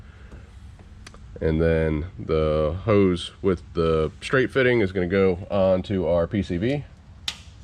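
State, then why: Seated. Someone talks as the catch can hose with a straight quick-connect fitting, part of a J&L 3128D oil separator install on a 2021-2026 Chevy Express / GMC Savana 6.6L, is pushed onto the PCV port. A single sharp click is heard at 7.3 s as the fitting snaps home, firmly seated with a positive snap.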